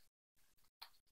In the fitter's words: slide it in there and as you can see it snapped into place